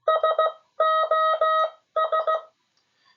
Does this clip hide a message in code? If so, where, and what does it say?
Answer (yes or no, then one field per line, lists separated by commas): yes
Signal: Morse code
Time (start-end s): 0.1-2.4 s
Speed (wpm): 16 wpm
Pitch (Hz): 1270 Hz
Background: none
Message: SOS